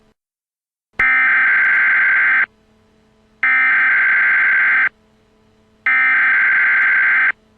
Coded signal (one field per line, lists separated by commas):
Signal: Emergency Alert System (SAME) tones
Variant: header bursts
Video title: EAS: Warnings for domestic terrorist attacks